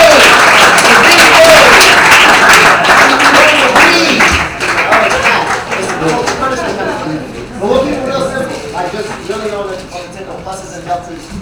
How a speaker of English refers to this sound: Give yourself a round of applause.